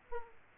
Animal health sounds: mosquito wingbeat signal from an infrared sensor; Aedes aegypti

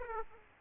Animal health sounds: mosquito wingbeat signal from an infrared sensor; Aedes aegypti

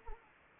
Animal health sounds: mosquito wingbeat signal from an infrared sensor; Anopheles arabiensis

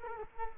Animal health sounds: mosquito wingbeat signal from an infrared sensor; Culex quinquefasciatus

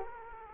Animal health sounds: mosquito wingbeat signal from an infrared sensor; Culex quinquefasciatus

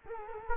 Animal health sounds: mosquito wingbeat signal from an infrared sensor; Culex quinquefasciatus

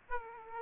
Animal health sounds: mosquito wingbeat signal from an infrared sensor; Aedes aegypti

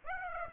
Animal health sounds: mosquito wingbeat signal from an infrared sensor; Aedes aegypti

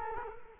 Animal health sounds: mosquito wingbeat signal from an infrared sensor; Culex quinquefasciatus

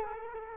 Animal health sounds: mosquito wingbeat signal from an infrared sensor; Culex quinquefasciatus

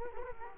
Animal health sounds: mosquito wingbeat signal from an infrared sensor; Culex quinquefasciatus

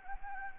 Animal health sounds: mosquito wingbeat signal from an infrared sensor; Anopheles gambiae

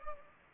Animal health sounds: mosquito wingbeat signal from an infrared sensor; Anopheles gambiae

